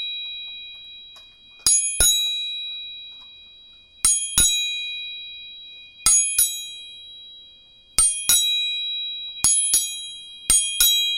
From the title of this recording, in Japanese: 音叉チューニング3本